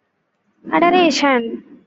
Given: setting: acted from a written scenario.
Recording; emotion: vocal sound without words; adoration